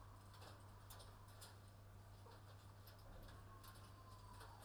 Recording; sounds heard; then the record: poultry house recording; healthy chickens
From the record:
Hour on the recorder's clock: 21